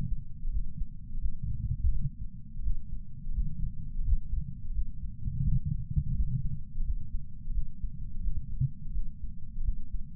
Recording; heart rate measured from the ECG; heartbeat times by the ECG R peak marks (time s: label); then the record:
heart sounds by patch sensor on the chest; 85 bpm
0.49 s: heartbeat
1.19 s: heartbeat
1.90 s: heartbeat
2.61 s: heartbeat
3.31 s: heartbeat
4.01 s: heartbeat
4.72 s: heartbeat
5.42 s: heartbeat
6.13 s: heartbeat
6.82 s: heartbeat
7.52 s: heartbeat
8.21 s: heartbeat
8.92 s: heartbeat
9.62 s: heartbeat
From the record:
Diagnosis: coronary artery disease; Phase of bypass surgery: postoperative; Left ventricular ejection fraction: 48.9%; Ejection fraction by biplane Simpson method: 50.6%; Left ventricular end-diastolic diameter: 48 mm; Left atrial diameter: 31 mm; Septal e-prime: 7.6 cm/s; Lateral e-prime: 9.6 cm/s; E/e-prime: 6.6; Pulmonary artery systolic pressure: 23 mmHg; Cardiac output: 5.5 L/min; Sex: male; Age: 60 years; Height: 174 cm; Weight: 72 kg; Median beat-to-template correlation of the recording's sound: 0.83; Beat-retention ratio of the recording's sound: 0.99